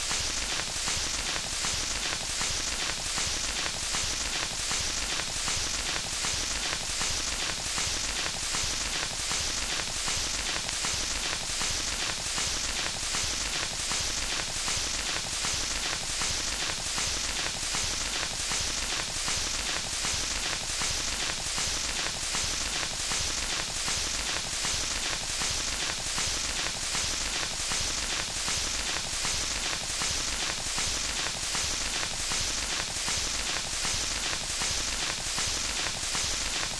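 Surface noise from an old 78 rpm shellac record: a dense, steady hiss filling the upper range, peppered with fast, irregular crackles and pops throughout. The level never changes across the whole stretch, and no music or voice comes through.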